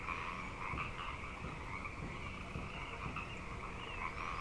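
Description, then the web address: Many frogs calling together, a constant layered trilling chorus with no pauses over a low rumbling background. Frog chorus at Grafton Lake, recorded 3 May 2009. "The Frog Chorus Tunes Up On Grafton Lake frogs 090503"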